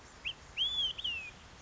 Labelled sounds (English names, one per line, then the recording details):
Olive-sided Flycatcher
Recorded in Sonoma County, California